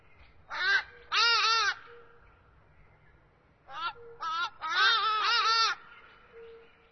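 Ibis calling in harsh, bleating bursts. Short notes come first, then longer runs of stuttering, arched calls, separated by a quiet gap of about two seconds.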